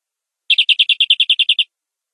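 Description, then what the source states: Canary song: a brief, even trill of about a dozen quick buzzy notes lasting just over a second, with silence before and after. Domestic canary giving long rolling song (ngerol panjang), used as a training recording (masteran) for cage birds.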